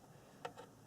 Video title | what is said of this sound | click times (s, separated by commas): VW golf radio install | that will go in there, clicks into place. | 0.4 s